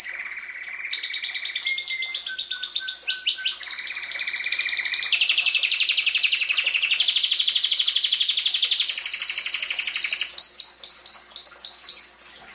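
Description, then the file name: Canary song: rapid rolling trills changing pitch in stages, a few low whistled notes, then a closing set of separate chirps before falling quiet. "Canary Voice"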